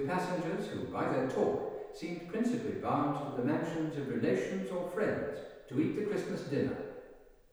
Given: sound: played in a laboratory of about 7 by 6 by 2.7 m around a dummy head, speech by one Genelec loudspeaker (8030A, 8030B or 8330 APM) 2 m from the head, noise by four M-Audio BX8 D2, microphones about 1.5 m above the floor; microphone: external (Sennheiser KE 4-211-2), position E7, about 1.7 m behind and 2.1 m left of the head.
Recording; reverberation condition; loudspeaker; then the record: male speech in English; high; 60 degrees to the right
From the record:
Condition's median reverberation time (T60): about 1300 ms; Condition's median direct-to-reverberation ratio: about -4.0 dB